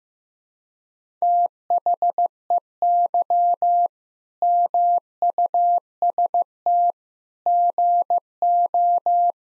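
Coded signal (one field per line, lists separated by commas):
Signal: Morse code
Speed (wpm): 15 wpm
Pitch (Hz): 700 Hz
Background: none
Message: THEY MUST GO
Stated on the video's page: Head-copy drill of sentences from the top 1600 words at 15 wpm; each sentence is sent in Morse, then spoken, then repeated.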